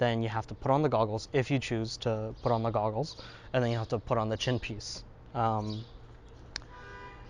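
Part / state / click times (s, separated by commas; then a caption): chin piece into helmet shell magnetic quick lock / seated / 6.6 s. Someone talks while the detachable chin piece of a Ruroc RG1-DX three-piece helmet is slid over the shell. Its magnetic quick lock snaps into place with a sharp click at 6.6 s, and the chin piece is seated.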